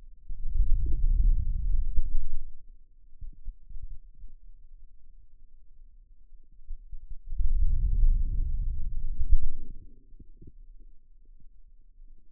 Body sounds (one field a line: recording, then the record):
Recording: forearm muscle sounds (acoustic myography)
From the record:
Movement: wrist flexion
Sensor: system 2, bracelet of six BSWA MPA416 microphones around the upper forearm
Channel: 4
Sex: male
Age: 22 years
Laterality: right